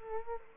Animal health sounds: mosquito wingbeat signal from an infrared sensor; Culex quinquefasciatus

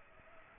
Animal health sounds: mosquito wingbeat signal from an infrared sensor; Aedes aegypti

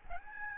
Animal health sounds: mosquito wingbeat signal from an infrared sensor; Aedes albopictus

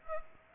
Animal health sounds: mosquito wingbeat signal from an infrared sensor; Aedes aegypti

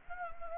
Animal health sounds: mosquito wingbeat signal from an infrared sensor; Anopheles gambiae

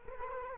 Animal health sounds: mosquito wingbeat signal from an infrared sensor; Culex quinquefasciatus

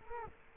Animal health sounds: mosquito wingbeat signal from an infrared sensor; Culex quinquefasciatus

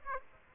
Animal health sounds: mosquito wingbeat signal from an infrared sensor; Aedes aegypti

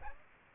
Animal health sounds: mosquito wingbeat signal from an infrared sensor; Aedes aegypti

